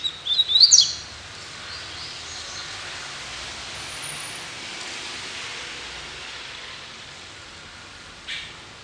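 Double-collared Seedeater song: one quick burst of bright, sweeping high notes in the first second, then steady background hiss and a faint single note near the end.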